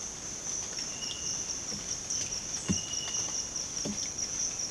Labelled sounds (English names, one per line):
none